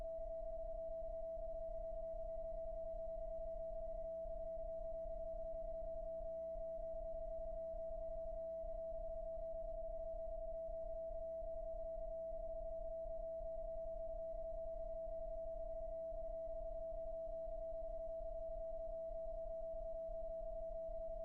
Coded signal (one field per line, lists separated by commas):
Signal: PSK31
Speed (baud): 31.25 baud